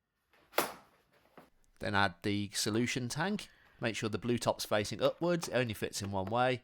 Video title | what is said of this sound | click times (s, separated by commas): Vax Platinum Smart Wash Review - Best Carpet Washer 2023 | and then slide it down until it clicks into place | 0.6 s